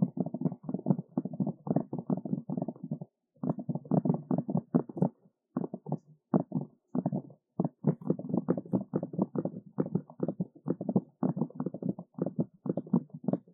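Fast tapping close to the ear, a dense run of quick, soft, muffled taps with a low, hollow thud. The rhythm is rapid and fairly even, broken by short pauses near three seconds and again around five and six seconds.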